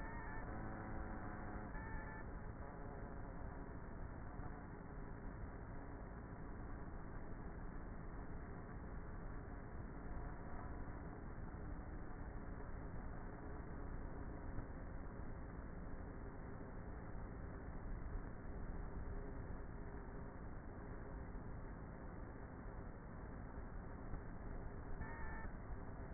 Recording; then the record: honeybee colony, microphone inside the hive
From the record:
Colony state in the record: queenless with a low population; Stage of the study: before two queens were removed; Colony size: about 30,000 bees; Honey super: no